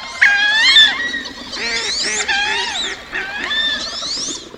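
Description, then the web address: Wood Duck giving several squealing, rising whistled calls in quick succession. Nests in tree cavities in large trees in forested wetlands and in nest boxes; in winter found in city parks taking handouts alongside resident mallards. "Birdnote. Wood Ducks Succeed"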